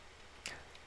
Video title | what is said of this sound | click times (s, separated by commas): How to Replace GE Front Load Washer PCB Computer Control Board #diy #appliancerepair #frontloader | making sure that they're in firmly. You hear them click or they're just in all the way. | 0.5 s